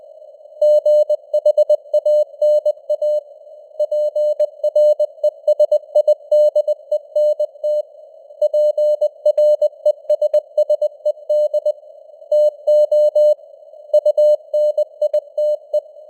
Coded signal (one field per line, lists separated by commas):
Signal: Morse code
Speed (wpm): 20 wpm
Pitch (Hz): 600 Hz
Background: none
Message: GHANA PRESIDENT PRESSED TO UNITE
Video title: Morse Code News | 2025-12-20 | 20wpm